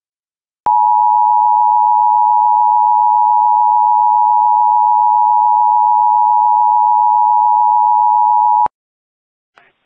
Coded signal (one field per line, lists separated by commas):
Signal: Emergency Alert System (SAME) tones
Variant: 853 and 960 Hz attention tone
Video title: EAS Child Abduction Emergency (AMBER Alert) Pittsburg County, Oklahoma Statewide Alert